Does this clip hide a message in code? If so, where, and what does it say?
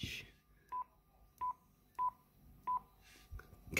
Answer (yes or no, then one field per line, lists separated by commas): no